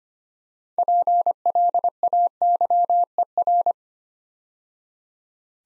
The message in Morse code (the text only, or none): PLAYER